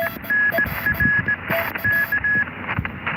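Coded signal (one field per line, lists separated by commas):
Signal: Morse code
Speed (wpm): 16 wpm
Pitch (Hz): 1700 Hz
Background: none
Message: NR K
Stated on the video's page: Live QRP CW park activation, crystal-locked 14.0574 MHz rig, battery power, wire vertical or end-fed half-wave antenna.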